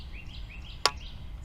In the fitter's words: snap and you are ready to go